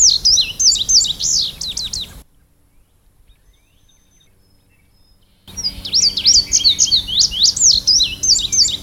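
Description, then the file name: Indigo bunting song: rapid high sweeping notes for about two seconds, then a silent gap of about three seconds before the song resumes with similar notes. "suara kicauan burung indigo bunting. omkicau"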